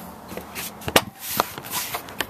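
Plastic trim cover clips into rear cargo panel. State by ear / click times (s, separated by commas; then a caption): seated / 1.0 s, 1.4 s, 2.2 s. A plastic cargo area cover on a 2014 Acura MDX is put back on during a hitch and wire harness install, and its push clips are pressed down into the rear cargo panel. Soft shuffling and handling noise is broken by sharp snaps at 1.0 s, 1.4 s and 2.2 s. The trim cover clips seat home.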